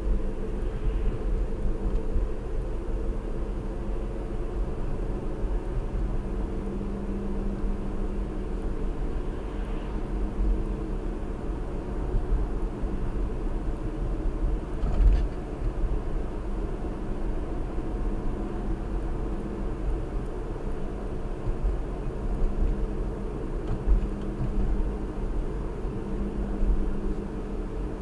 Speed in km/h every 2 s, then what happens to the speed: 50, 50, 53, 55, 55, 55, 56, 56, 56, 56, 56, 55, 55, 55.
0-28 steady at about 55.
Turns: none.